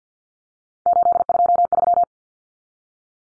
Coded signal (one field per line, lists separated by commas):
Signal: Morse code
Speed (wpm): 50 wpm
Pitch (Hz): 700 Hz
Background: none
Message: 823